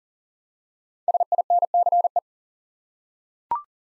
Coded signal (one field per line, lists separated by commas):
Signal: Morse code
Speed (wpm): 39 wpm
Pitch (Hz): 700 Hz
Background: none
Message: SINCE